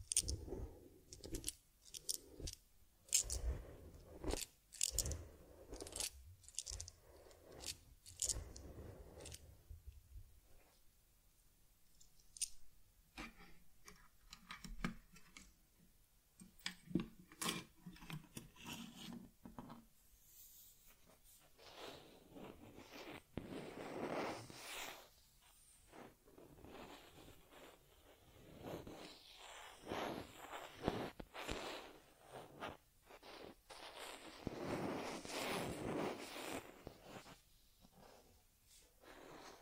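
A teddy bear gets a head massage, face cleansing, fur combing and ear cleaning, heard as a run of close, crisp taps, clicks and brushing strokes. Sharp ticks come in quick, irregular bursts, with quieter stretches of soft scratching, and a fuller rubbing passage around the middle.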